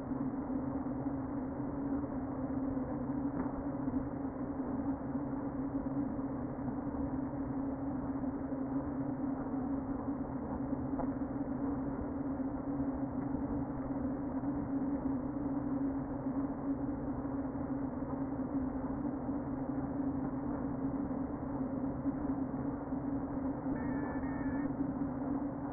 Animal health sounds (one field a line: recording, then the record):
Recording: honeybee colony, microphone inside the hive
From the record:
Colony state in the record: queen present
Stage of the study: before two queens were removed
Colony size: about 60,000 bees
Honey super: yes